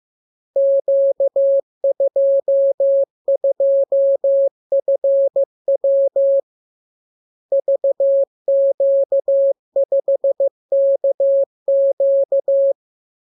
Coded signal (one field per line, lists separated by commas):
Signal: Morse code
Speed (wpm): 15 wpm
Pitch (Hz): 550 Hz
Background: none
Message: Q22FW VQ5KQ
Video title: Learning Morse Code. Lesson 29. Letter KMURESNAPTLWI.JZ=FOY,VG5/Q92H3